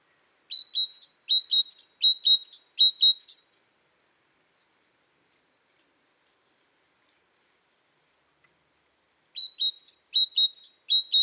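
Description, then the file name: Great tit song: a lower note followed by a higher, falling note, repeated quickly about four times, then a long silence before another burst of the same phrases. "Parus major"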